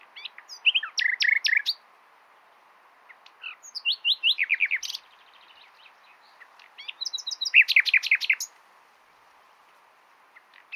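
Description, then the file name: Common nightingale song in three loud bursts of rapid, sharp repeated notes, each separated by a short quiet pause. "Luscinia megarhynchos"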